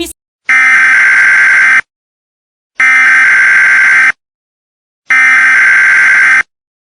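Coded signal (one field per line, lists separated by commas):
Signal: Emergency Alert System (SAME) tones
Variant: header bursts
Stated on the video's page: Fictional EAS scenario about an AI after a runaway greenhouse effect.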